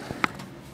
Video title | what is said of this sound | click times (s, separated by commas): Ram Revival Part 7: Intake Manifold Removal | up did you hear the click that means a safety is released and then right there | 0.2 s